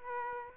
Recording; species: mosquito wingbeat signal from an infrared sensor; Aedes aegypti